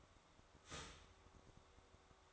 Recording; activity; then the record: daily activity, microphone in the room; start toaster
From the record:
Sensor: 3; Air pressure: 1004.2 hPa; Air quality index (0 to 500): 202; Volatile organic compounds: 16 ppm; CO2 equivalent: 2523 ppm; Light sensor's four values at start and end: 4/11/4/4 and 4/11/4/4